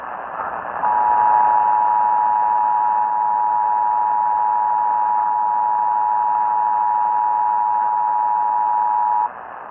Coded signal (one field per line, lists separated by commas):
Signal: Emergency Alert System (SAME) tones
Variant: 853 and 960 Hz attention tone